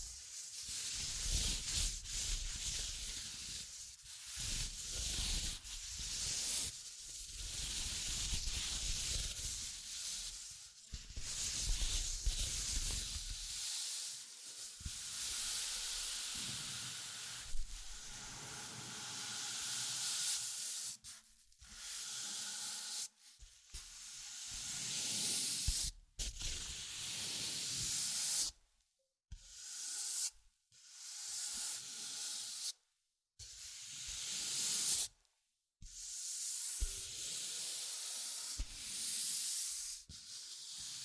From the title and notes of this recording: ASMR Simple But Effective Tapping, Scratching, Tracing and Panning (No Talking).